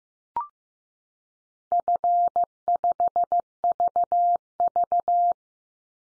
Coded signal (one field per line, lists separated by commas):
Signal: Morse code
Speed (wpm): 15 wpm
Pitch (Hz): 700 Hz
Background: none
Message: F5VV